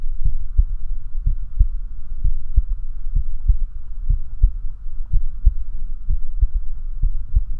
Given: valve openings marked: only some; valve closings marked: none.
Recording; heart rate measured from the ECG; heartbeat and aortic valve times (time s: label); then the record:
heart sounds by stethoscope; 62 bpm
0.28 s: heartbeat (ECG mark)
0.33 s: aortic valve opens (echo mark)
1.30 s: heartbeat (ECG mark)
1.34 s: aortic valve opens (echo mark)
2.27 s: heartbeat (ECG mark)
2.32 s: aortic valve opens (echo mark)
3.19 s: heartbeat (ECG mark)
3.24 s: aortic valve opens (echo mark)
4.13 s: heartbeat (ECG mark)
4.17 s: aortic valve opens (echo mark)
5.16 s: heartbeat (ECG mark)
5.21 s: aortic valve opens (echo mark)
6.12 s: heartbeat (ECG mark)
7.06 s: heartbeat (ECG mark)
7.09 s: aortic valve opens (echo mark)
From the record:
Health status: healthy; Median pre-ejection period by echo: 56 ms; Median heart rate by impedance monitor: 63 bpm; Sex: male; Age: 19 years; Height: 170 cm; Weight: 63 kg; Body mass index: 21.80